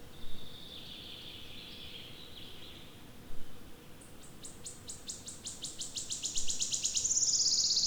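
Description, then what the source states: Wood warbler song: a few soft high notes, then ticking notes speeding up into a shivering, buzzy high trill at the end. Recorded 25 May 2020.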